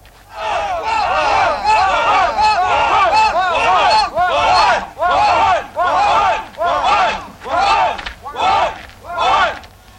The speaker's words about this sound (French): On sent bien que les méchants sont en quête d'élimination de pourriture, eux qui commencent à gueuler le nom de leur leader dès qu'ils leur rappellent ce pourquoi ils sont là.